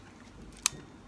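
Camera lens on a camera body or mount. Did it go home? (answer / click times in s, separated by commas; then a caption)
yes / 0.7 s. A camera lens is lined up at its mark on a camera body or mount and turned or pushed home. A faint small sound comes at 0.6 s, then a sharp, bright click at 0.7 s as the lens locks in place.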